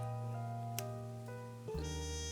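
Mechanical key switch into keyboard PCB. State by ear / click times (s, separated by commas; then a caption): not seated / none. A mechanical key switch is handled before being pressed into the hot-swap PCB/plate during a FreeBird60 by KFA keyboard build, where it is meant to click in as its metal pins go in. Steady tonal music sounds throughout, with one brief sharp tick at 0.8 s. Nothing has seated or clicked into place yet.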